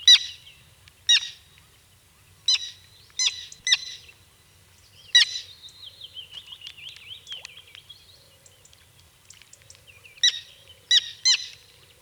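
Bird song: sharp, loud chip notes given in irregular bursts, with softer twittering warbles in between.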